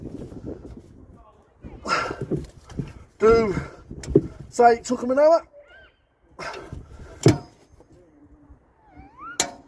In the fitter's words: you hear the click that means it's done